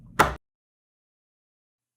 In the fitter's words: use the pin wrench to press the lever catch while pushing the lever on until you hear a click